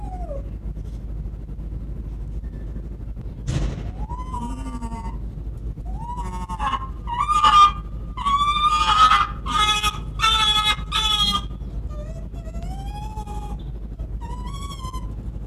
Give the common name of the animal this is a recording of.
Arctic Fox